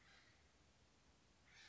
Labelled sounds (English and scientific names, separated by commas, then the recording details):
Acorn Woodpecker (Melanerpes formicivorus)
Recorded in Sonoma County, California